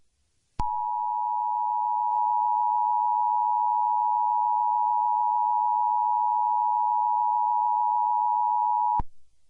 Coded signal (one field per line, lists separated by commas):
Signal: Emergency Alert System (SAME) tones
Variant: 853 and 960 Hz attention tone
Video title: EAS Scenario - Surreal Destruction -